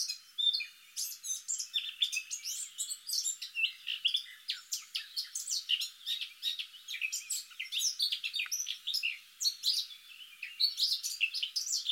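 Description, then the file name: Eurasian blackcap: a long, lively stream of high twittering and chattering notes throughout. "Sylvia atricapilla"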